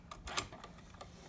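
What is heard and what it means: Held by its little lever, a bobbin case is being pushed toward the CB rotary hook of a Bernina 350 sewing machine. A few light, sharp ticks are heard at about 0.1, 0.3, 0.6 and 1.0 seconds against a quiet background. Nothing has seated or clicked into place yet.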